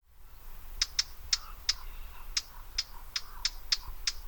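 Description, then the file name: Eurasian blackcap uttering dry tack notes, a run of about ten hard clicks at uneven intervals, with a faint low hum beneath. "Sylvia atricapilla"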